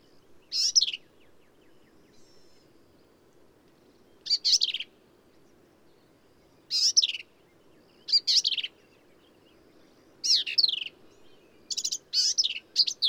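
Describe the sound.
Black-capped vireo singing choppy, scratchy high phrases separated by irregular pauses, the later ones coming more quickly, over soft background noise.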